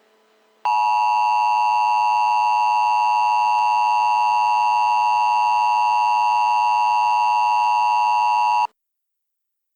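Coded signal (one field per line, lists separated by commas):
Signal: Emergency Alert System (SAME) tones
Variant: 853 and 960 Hz attention tone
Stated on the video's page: Fictional EAS scenario, a simulated alert about an illness outbreak, not a real broadcast.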